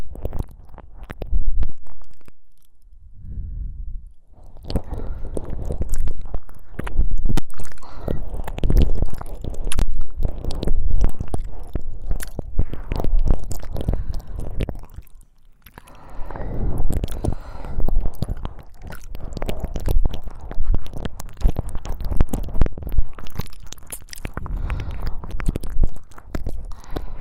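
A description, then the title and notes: Wet ear licking with dense, rapid smacks and squishy mouth sounds that crowd together almost without pause. The sound is full, with a deep muffled low end. It briefly drops to near silence around three and fifteen seconds. ASMR×KU100 | 舔耳 | 耳舐め | Ear Licking | NO Talking.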